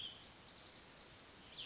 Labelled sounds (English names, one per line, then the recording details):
Cassin's Vireo
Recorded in Sonoma County, California